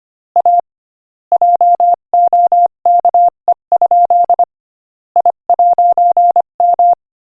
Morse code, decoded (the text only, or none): A JOKE? I'M